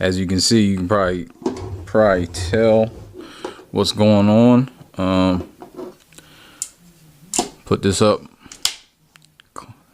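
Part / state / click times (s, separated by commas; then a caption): plastic transformable robot toy part locking into its position on the body / seated / 8.7 s. Someone talks while pushing a plastic part of an MFT MF34I Huge Dragon Iron Sentinel transformable robot toy up into its position on the body during transformation, with small handling clicks along the way. A sharp snap at 8.7 s marks the part locking into place, seated.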